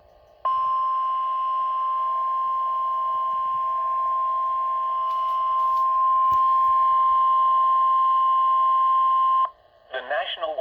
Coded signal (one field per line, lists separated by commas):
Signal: Emergency Alert System (SAME) tones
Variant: 1050 Hz attention tone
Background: speech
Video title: Severe Thunderstorm Watch (EAS #84)